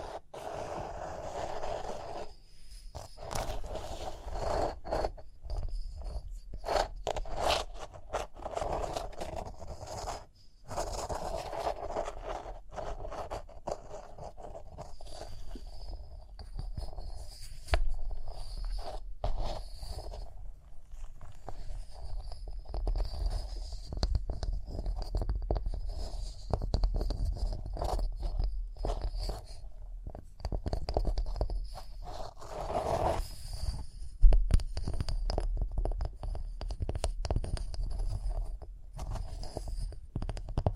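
Rhinestones being tapped, scratched and brushed in a continuous run of dense, quick strokes that overlap into a steady rustling texture. Sharp clicks stand out throughout, with short pauses near 3 and 10 seconds and a louder burst around 34 seconds.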